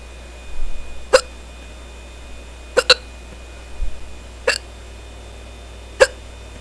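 Five abrupt, clicking gulps over about six seconds, one pair coming close together, with soft breathing between them. These are hiccups: sudden involuntary spasms of the diaphragm, each cut off sharply as the vocal cords snap shut.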